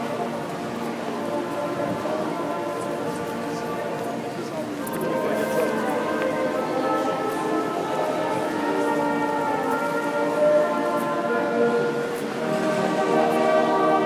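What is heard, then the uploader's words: A railway station concourse on a festive evening, filled with a steady murmur of voices and sustained, tuneful sounds like music or singing echoing through the hall. The sound swells noticeably around the five-second mark and again near twelve seconds, with brief bright clatters. Last train home this year is sounding all Xmas-y at Marylebone Railway Station.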